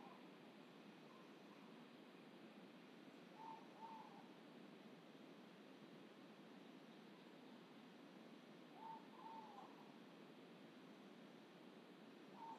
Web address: ULM-DS-Lab indonesian-bird-sounds. Pitta maxima